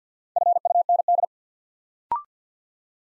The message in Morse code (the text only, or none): FUND